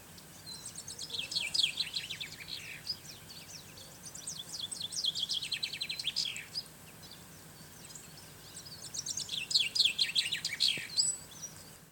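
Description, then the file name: Common chaffinch singing three descending trilled phrases, spaced about four seconds apart, over a steady low background hiss. "Fringilla coelebs"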